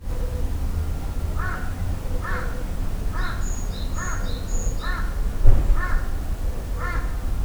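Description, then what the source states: Bird calling with single harsh caws spaced about a second apart, while high thin whistles from another bird sound in the middle and a low rumble runs underneath. Recorded 16 June 2008.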